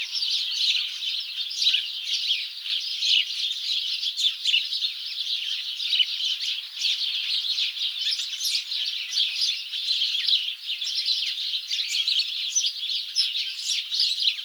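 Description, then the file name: House sparrow flock chattering nonstop, countless short chirps overlapping in an unbroken bright chorus. "Passer domesticus"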